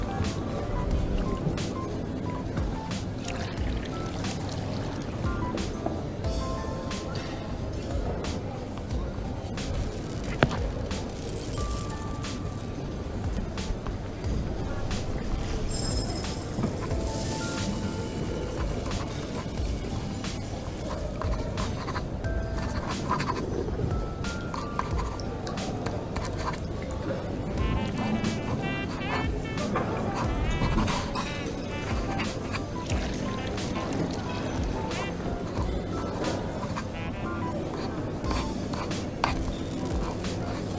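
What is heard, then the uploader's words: Coffee shop ambience: a steady, dense murmur of overlapping voices, with frequent sharp clinks and clatters of dishes scattered throughout. Coffee shop ambience. Voices. Cutlery.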